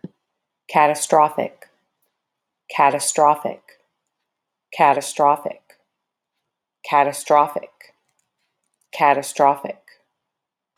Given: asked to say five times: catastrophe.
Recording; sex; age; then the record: repeated word; female; 30 to 39 years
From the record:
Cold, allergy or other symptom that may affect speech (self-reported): no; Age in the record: 31 years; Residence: Tennessee, United States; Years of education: 12